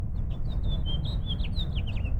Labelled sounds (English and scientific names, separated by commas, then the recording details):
House Finch (Haemorhous mexicanus) song
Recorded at North Valley Stream on Long Island, New York, on 17 June 1975
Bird E